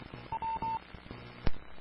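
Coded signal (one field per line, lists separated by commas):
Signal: none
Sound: repeater courtesy tone beeps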